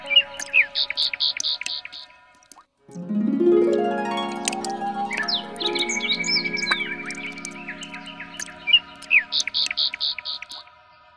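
Bird gives rapid, evenly spaced chirping trills at the opening and close, with a long stretch of tone-like sounds in between.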